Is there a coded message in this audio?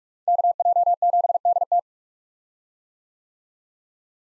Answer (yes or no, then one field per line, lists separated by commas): yes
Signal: Morse code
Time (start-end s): 0.3-1.8 s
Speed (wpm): 46 wpm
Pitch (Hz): 700 Hz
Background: none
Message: KJ7DT